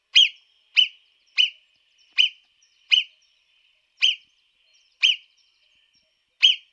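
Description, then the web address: Marmot giving eight piercing whistled notes, short and sharp, at uneven intervals of about half a second to a second and a half. "audio-versi-animali Marmotta da xenocanto"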